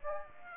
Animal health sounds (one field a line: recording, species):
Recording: mosquito wingbeat signal from an infrared sensor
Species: Aedes aegypti